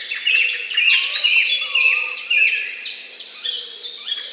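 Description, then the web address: Birds singing in a dense morning chorus, many overlapping high chirps and trills with a lower warbling voice underneath. "utrennie pesni ptic"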